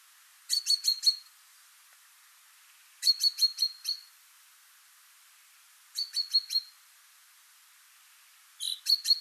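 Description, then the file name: Common chaffinch repeating quick bursts of four or five sharp, ringing notes about every two and a half seconds. "Fringilla coelebs"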